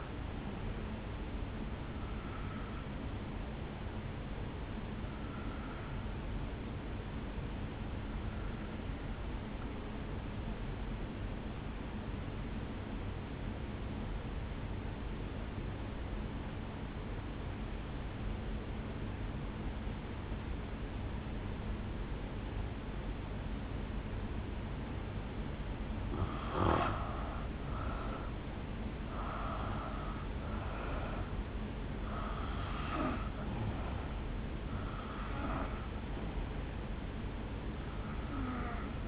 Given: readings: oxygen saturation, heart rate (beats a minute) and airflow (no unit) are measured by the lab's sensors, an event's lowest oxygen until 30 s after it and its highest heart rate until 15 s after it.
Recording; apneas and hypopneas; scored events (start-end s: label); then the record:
breathing in sleep by a voice recorder at the bedside; 1
8.00-25.20 s: obstructive apnea (N2, oxygen 95% highest, then 86% lowest, heart rate 61 at the start, 69 highest)
From the record:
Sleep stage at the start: N2 (light sleep); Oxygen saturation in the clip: 84 to 96%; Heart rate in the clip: 58 to 69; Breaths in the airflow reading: 7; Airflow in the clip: -7.4 to 3.7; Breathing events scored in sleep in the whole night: 449 in 7.0 hours asleep